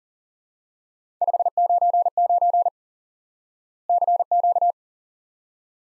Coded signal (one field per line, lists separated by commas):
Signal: Morse code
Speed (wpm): 40 wpm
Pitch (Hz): 700 Hz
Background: none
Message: 599 CQ